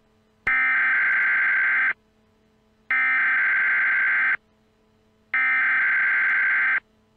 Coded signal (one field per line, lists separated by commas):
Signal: Emergency Alert System (SAME) tones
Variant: header bursts